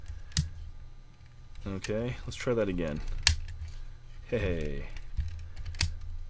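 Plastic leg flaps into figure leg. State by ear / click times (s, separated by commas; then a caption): seated / 5.8 s. Small plastic flaps on the leg of an MMC Commotus (Turmoil) transforming figure are folded back and pressed home while someone talks. A sharp tick sounds at about 0.4 s, then a few faint handling taps lead to a crisp click at 5.8 s as the flaps click into place and seat.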